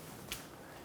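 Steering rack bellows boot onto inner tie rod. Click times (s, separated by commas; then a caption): 0.3 s. The front end of a new rubber/plastic steering rack bellows boot on a 2012-2020 Chevrolet Sonic is pushed onto the inner tie rod. A single short, sharp click at 0.3 s rises above a steady low background hiss, and the boot is seated in place.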